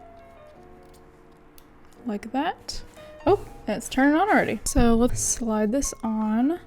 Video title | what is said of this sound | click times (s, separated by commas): Apple Watch Series 5 Unboxing and Review vs Series 4 | it just clicks right in like | 1.6 s